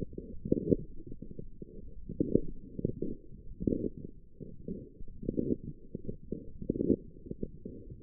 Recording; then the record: forearm muscle sounds (acoustic myography)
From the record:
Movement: forearm supination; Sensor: system 1, eight BSWA MPA416 microphones around the upper forearm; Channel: 7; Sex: male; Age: 21 years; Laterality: right